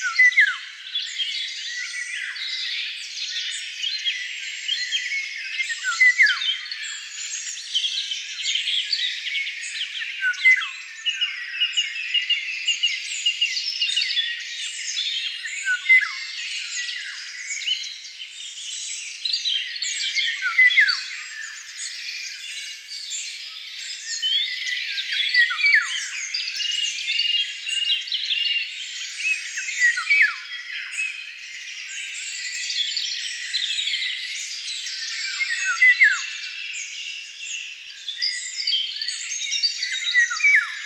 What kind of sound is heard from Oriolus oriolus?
song